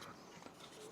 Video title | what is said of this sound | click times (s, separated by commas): Colourful LED Upgrades for DJI Neo & DJI Avata 2 – Installation + Aerial Demo #shaunthedrone | heard it click on, that's it. That's the main controller. | 0.5 s